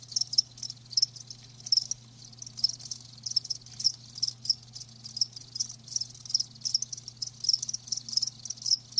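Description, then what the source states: Cricket chirps in quick high bursts, backed by a steady low hum. Live crickets chirping, a lulling song.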